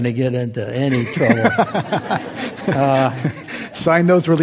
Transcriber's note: laughter